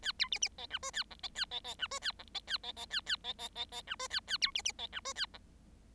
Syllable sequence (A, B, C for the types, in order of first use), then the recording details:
A B C C D E F A G D A D D E F A G D A D D A A D D D D E F A A B C C D E F A G. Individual Bird7